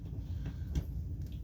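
RC car rear assembly parts are pressed down against a table into the axle carrier after one was found not fully seated. Over a low background rumble, a single short click sounds at 0.8 s as the parts seat fully.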